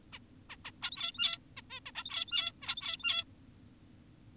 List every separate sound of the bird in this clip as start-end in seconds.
0.13-0.19, 0.50-0.56, 0.65-0.71, 0.82-1.38, 1.57-1.62, 1.70-1.80, 1.86-1.92, 1.96-2.52, 2.62-3.24